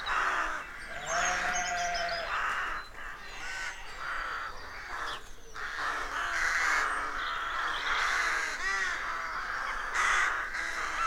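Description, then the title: Rooks cawing in a dense, overlapping chorus, harsh calls layered continuously with a few higher squeals. Rook colony of more than 300 birds nesting in a dozen roadside trees, rural County Armagh, early spring; pairs greeting, squabbling with neighbours as first chicks hatch. "Sound Escape 113. the stirring cacophony of a rook colony"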